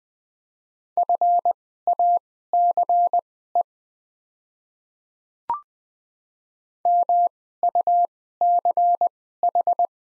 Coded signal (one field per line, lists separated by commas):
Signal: Morse code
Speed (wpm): 20 wpm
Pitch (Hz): 700 Hz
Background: none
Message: FACE MUCH